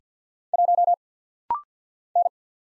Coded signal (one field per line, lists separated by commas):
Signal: Morse code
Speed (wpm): 50 wpm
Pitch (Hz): 700 Hz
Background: none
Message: 1 N